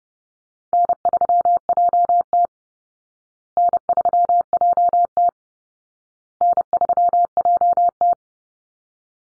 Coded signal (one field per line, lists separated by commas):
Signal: Morse code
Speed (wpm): 28 wpm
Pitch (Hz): 700 Hz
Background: none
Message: N3JT N3JT N3JT